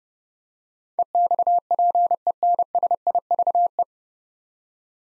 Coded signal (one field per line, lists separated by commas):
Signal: Morse code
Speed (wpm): 32 wpm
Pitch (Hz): 700 Hz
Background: none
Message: EXPENSIVE